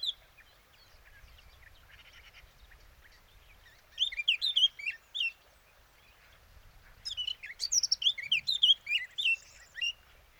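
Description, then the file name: Eurasian blackcap song, two bursts of rich, quick warbling with sweeping whistled notes, separated by a short pause. "Sylvia atricapilla"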